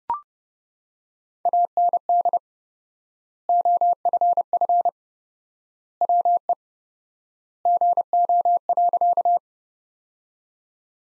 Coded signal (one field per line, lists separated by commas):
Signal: Morse code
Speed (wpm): 30 wpm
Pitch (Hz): 700 Hz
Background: none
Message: AND OFF WE GO.